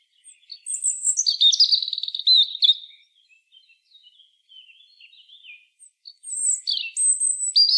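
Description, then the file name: European robin song with a high thin note leading into a rattling, descending warble, a quieter twittering pause, then a fresh high phrase starting near the end. "Erithacus rubecula"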